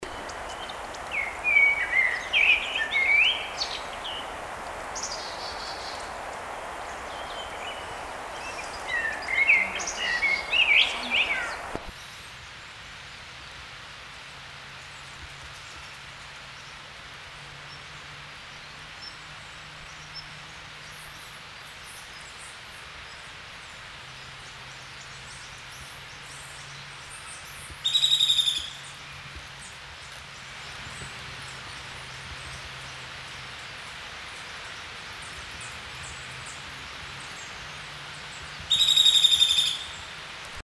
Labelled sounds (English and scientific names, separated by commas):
Common Blackbird (Turdus merula) song